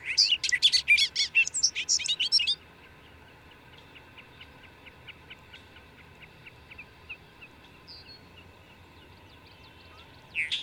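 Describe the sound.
Bird song: a loud burst of rapid, high buzzy chirps and trills for about two and a half seconds, then faint repeated ticking notes, with another brief chirp near the end.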